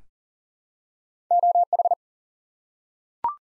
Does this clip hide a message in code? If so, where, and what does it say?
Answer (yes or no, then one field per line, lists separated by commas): yes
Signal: Morse code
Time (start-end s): 1.3-1.9 s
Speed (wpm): 38 wpm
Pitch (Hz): 700 Hz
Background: none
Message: OH